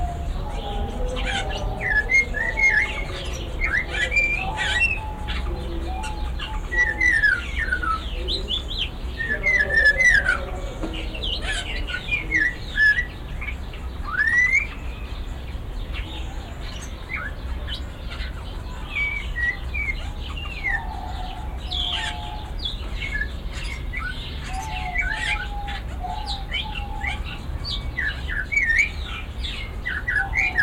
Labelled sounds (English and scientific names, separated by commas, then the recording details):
Snowy-crowned Robin-Chat (Cossypha niveicapilla)
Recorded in captivity
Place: Zoo Berlin, Berlin, DE
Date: 1992-08-01 10:59
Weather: sonnig, 22-26°C
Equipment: Marantz CP 430, Sennheiser ME 80, Kopie Tesla B 116
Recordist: Tembrock, Günter